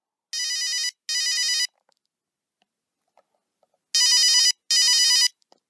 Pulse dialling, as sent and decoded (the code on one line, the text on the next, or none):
none